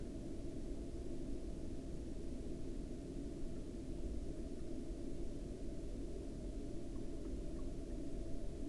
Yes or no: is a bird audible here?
no